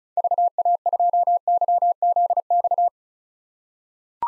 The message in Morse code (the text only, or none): VA2YZX